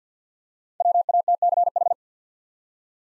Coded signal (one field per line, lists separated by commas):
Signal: Morse code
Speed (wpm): 48 wpm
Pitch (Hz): 700 Hz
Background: none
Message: WATCH